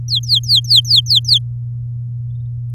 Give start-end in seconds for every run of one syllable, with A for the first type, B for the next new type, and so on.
0.08-1.39 A